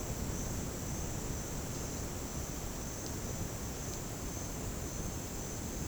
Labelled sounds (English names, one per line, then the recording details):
none
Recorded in dense forest near Puerto Asís, Putumayo, Colombia, on 29 June 2025 at 09:00
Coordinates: 0.486, -76.317
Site G065